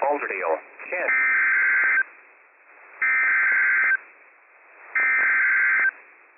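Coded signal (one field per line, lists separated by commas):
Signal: Emergency Alert System (SAME) tones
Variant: header bursts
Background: speech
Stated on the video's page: Real operational Severe Thunderstorm Warnings from the Pendleton NWS office, received on WWF56.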